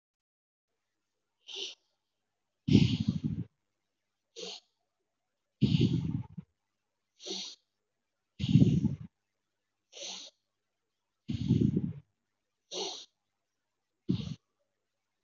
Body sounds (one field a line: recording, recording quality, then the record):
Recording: deep breathing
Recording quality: excellent, no background noise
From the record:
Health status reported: recovered from COVID-19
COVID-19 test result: positive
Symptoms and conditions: cough, cold, fever, fatigue, muscle pain, loss of smell and taste, diarrhoea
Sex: female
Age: 23 years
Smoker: not ticked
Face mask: not worn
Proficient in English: yes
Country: India